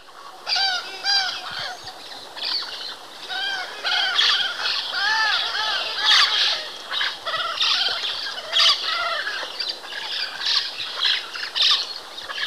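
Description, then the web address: Red-billed Parrot calls: many arched, nasal notes from several birds overlapping in a busy chatter, with harsher squawks breaking through throughout. Recorded in Ecuador. "Birds of Ecuador. Red-billed Parrot"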